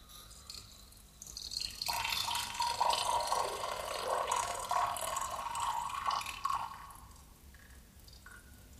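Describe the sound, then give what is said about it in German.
Water runs from a tap in a steady hissing stream for several seconds, then thins to a faint trickle and dies away as the last water in the city supply pipe runs dry, with no voices. “Warum versiegt das Wasser in der Leitung?”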